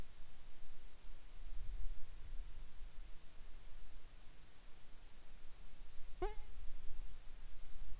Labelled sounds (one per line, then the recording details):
insects
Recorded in the Arctic National Wildlife Refuge, Alaska, on 10 July 2019 at 18:19
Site 44